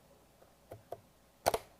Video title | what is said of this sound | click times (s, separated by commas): 2026 VRS Swerve 06: Electronics & Wiring | Can't tell if that's perfectly lined up, but that's fine. It clicked in. | 1.5 s